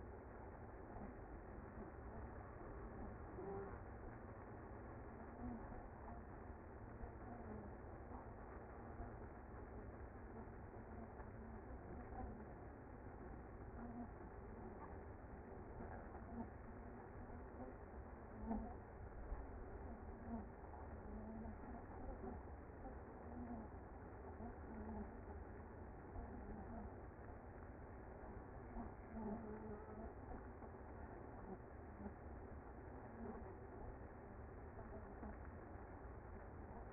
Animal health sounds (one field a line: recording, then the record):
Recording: honeybee colony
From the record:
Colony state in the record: active